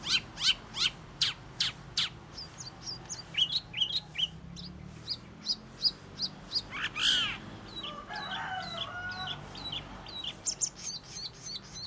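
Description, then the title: Cucak keling singing a rapid series of sharp, high chirps and whistled notes in irregular bursts, with a short squawk midway and a faint background hum. Gacor, persistent singing, described as unusual. "Cucak Keling Gacor Unik"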